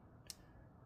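A plastic clip piece being pushed back into a Razer Blade Stealth RZ09-0168 laptop assembly gives a single faint, sharp tick at 0.3 s over a low background hum. The piece only partly seats and will not go back in completely, so a flathead screwdriver is to be used on its outer edge.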